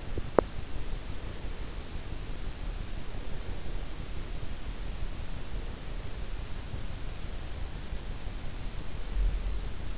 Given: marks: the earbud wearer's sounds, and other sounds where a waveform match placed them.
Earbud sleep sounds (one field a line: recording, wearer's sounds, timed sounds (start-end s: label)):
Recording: sounds in sleep by an in-ear microphone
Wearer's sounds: teeth grinding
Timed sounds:
0.00-0.87 s: teeth grinding